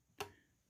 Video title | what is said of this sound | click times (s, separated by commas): 10% off code!! HS700E drone unboxing, explanation, how to, first flight, and video. Best under $300! | and turn snaps into place | 0.2 s